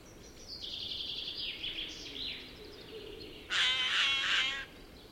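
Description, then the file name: Eurasian jay gives one loud, harsh, rasping screech lasting about a second, after soft, thin chattering notes. "Garrulus glandarius"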